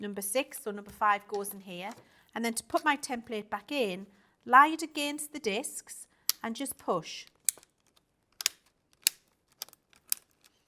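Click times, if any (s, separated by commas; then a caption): 7.5 s, 8.4 s, 8.5 s, 9.1 s, 9.6 s, 10.1 s. A craft template is laid against the discs of a disc-bound template storage binder and pushed on while someone talks. It seats with a series of sharp clicks at 7.5, 8.4, 8.5, 9.1, 9.6 and 10.1 seconds as it engages each disc, clicking into place easily.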